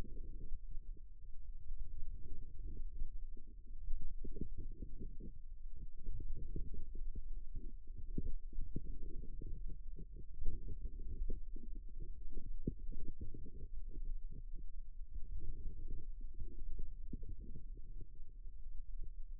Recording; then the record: forearm muscle sounds (acoustic myography)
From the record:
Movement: outward rotation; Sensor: system 2, bracelet of six BSWA MPA416 microphones around the upper forearm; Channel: 6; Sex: female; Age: 22 years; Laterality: right